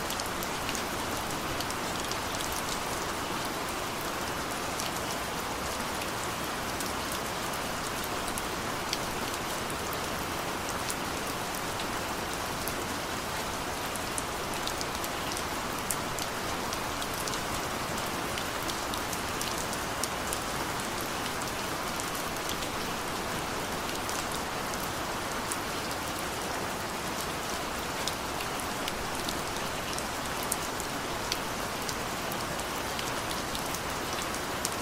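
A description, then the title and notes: Rain falls steadily on the ground, a dense, even hiss with countless drops tapping across the whole 35 seconds. Small sharp splashes flicker through the bright top of the sound. The downpour holds its level without letup. Rain and Thunder.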